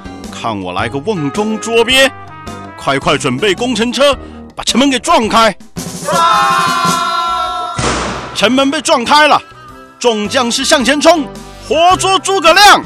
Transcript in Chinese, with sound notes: 看我來個甕中捉鱉，快快準備攻城車，把城門給撞開！ （喊叫聲） 城門被撞開了，眾將士向前衝，活捉諸葛亮！